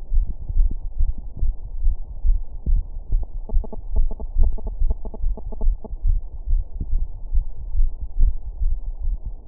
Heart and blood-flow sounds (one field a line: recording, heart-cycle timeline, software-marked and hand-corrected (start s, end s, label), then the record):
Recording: heart sounds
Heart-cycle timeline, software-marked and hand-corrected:
0.00	0.12	diastole
0.12	0.19	S1
0.19	0.29	systole
0.29	0.36	S2
0.36	0.56	diastole
0.56	0.66	S1
0.66	0.76	systole
0.76	0.83	S2
0.83	1.00	diastole
1.00	1.08	S1
1.08	1.16	systole
1.16	1.23	S2
1.23	1.42	diastole
1.42	1.52	S1
1.52	1.58	systole
1.58	1.66	S2
1.66	1.83	diastole
1.83	1.90	S1
1.90	2.00	systole
2.00	2.07	S2
2.07	2.25	diastole
2.25	2.34	S1
2.34	2.42	systole
2.42	2.50	S2
2.50	2.68	diastole
2.68	2.80	S1
2.80	2.88	systole
2.88	2.95	S2
2.95	3.12	diastole
3.12	3.20	S1
3.20	3.31	systole
3.31	3.38	S2
3.38	3.53	diastole
3.53	3.62	S1
3.62	3.69	systole
3.69	3.76	S2
3.76	3.97	diastole
3.97	4.04	S1
4.04	4.17	systole
4.17	4.25	S2
4.25	4.40	diastole
4.40	4.48	S1
4.48	4.60	systole
4.60	4.69	S2
4.69	4.81	diastole
4.81	4.88	S1
4.88	5.01	systole
5.01	5.08	S2
5.08	5.24	diastole
5.24	5.31	S1
5.31	5.44	systole
5.44	5.49	S2
5.49	5.61	diastole
5.61	5.69	S1
5.69	5.82	systole
5.82	5.88	S2
5.88	6.04	diastole
6.04	6.14	S1
6.14	6.24	systole
6.24	6.33	S2
6.33	6.49	diastole
6.49	6.57	S1
6.57	6.69	systole
6.69	6.77	S2
6.77	6.94	diastole
6.94	7.03	S1
7.03	7.11	systole
7.11	7.19	S2
7.19	7.34	diastole
7.34	7.43	S1
7.43	7.53	systole
7.53	7.60	S2
7.60	7.76	diastole
7.76	7.86	S1
7.86	7.97	systole
7.97	8.05	S2
8.05	8.20	diastole
8.20	8.30	S1
8.30	8.42	systole
8.42	8.49	S2
8.49	8.63	diastole
8.63	8.74	S1
8.74	8.83	systole
8.83	8.90	S2
8.90	9.05	diastole
9.05	9.48	noise
From the record:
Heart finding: coronary artery disease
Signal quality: good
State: rest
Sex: male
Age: 58 years